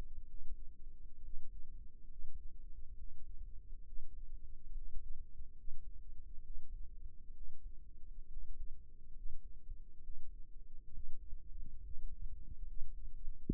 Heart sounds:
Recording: heart sounds by microphone in the right ear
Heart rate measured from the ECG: 68 bpm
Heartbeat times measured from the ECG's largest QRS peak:
0.25 s: heartbeat
1.21 s: heartbeat
2.06 s: heartbeat
2.94 s: heartbeat
3.83 s: heartbeat
4.72 s: heartbeat
5.54 s: heartbeat
6.42 s: heartbeat
7.32 s: heartbeat
8.28 s: heartbeat
9.12 s: heartbeat
10.01 s: heartbeat
10.90 s: heartbeat
11.81 s: heartbeat
12.64 s: heartbeat
13.48 s: heartbeat
From the record:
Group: healthy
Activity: rest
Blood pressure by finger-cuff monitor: 92/60 mmHg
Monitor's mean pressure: 71 mmHg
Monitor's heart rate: 68 bpm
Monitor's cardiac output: 6.1 L/min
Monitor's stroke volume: 92 mL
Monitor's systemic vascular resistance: 850 dyn s/cm5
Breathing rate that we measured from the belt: 16 breaths a minute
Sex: male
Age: 22 years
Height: 181 cm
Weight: 79 kg

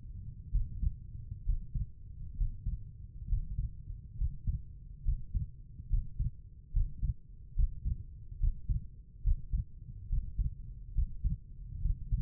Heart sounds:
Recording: heart sounds by stethoscope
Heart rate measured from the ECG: 69 bpm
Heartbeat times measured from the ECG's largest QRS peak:
0.52 s: heartbeat
1.46 s: heartbeat
2.37 s: heartbeat
3.29 s: heartbeat
4.18 s: heartbeat
5.05 s: heartbeat
5.90 s: heartbeat
6.73 s: heartbeat
7.56 s: heartbeat
8.40 s: heartbeat
9.23 s: heartbeat
10.09 s: heartbeat
10.95 s: heartbeat
11.82 s: heartbeat
From the record:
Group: healthy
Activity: Valsalva maneuver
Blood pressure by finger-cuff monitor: 95/63 mmHg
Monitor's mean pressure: 73 mmHg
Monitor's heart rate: 69 bpm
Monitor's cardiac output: 5.2 L/min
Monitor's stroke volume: 75 mL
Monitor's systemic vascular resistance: 1010 dyn s/cm5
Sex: female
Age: 22 years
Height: 163 cm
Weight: 67.1 kg

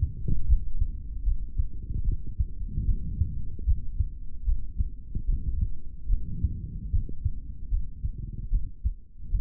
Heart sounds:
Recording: heart sounds by stethoscope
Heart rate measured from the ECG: 75 bpm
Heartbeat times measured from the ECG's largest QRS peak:
0.47 s: heartbeat
1.24 s: heartbeat
2.04 s: heartbeat
2.85 s: heartbeat
3.65 s: heartbeat
4.45 s: heartbeat
5.26 s: heartbeat
6.08 s: heartbeat
6.90 s: heartbeat
7.69 s: heartbeat
8.50 s: heartbeat
9.29 s: heartbeat
From the record:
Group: healthy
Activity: rest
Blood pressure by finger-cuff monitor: 112/75 mmHg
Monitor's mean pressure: 85 mmHg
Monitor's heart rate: 75 bpm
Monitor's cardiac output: 3.5 L/min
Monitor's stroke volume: 47 mL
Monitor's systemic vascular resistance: 1760 dyn s/cm5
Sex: male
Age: 55 years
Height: 167 cm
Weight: 57.2 kg

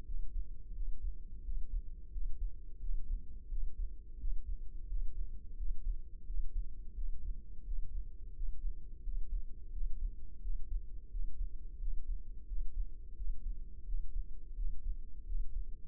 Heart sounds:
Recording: heart sounds by microphone in the left ear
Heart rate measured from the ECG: 87 bpm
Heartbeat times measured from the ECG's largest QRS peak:
0.07 s: heartbeat
0.76 s: heartbeat
1.45 s: heartbeat
2.13 s: heartbeat
2.82 s: heartbeat
3.51 s: heartbeat
4.20 s: heartbeat
4.90 s: heartbeat
5.59 s: heartbeat
6.27 s: heartbeat
6.96 s: heartbeat
7.66 s: heartbeat
8.36 s: heartbeat
9.05 s: heartbeat
9.74 s: heartbeat
10.43 s: heartbeat
11.12 s: heartbeat
11.81 s: heartbeat
12.49 s: heartbeat
13.18 s: heartbeat
13.87 s: heartbeat
14.57 s: heartbeat
15.28 s: heartbeat
From the record:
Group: healthy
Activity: rest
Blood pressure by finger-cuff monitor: 135/86 mmHg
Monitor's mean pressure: 102 mmHg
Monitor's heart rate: 87 bpm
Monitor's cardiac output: 7.1 L/min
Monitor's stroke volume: 81 mL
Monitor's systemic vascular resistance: 1070 dyn s/cm5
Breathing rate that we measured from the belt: 18 breaths a minute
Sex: male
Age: 21 years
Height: 175 cm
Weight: 72.6 kg

